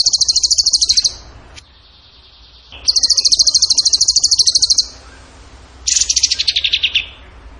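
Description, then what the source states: Bird song in fast, dry trills of rapid repeated high notes, each one to two seconds long, separated by pauses, the last sliding slightly downward. Masteran (training recording) of bird song in the tembakan gacor style.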